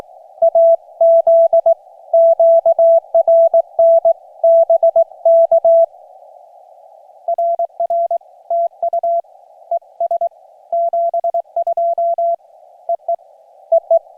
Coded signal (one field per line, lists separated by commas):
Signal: Morse code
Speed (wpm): 22 wpm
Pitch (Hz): 680 Hz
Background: none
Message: AZ QRN BK RR TU ES 72 EE EE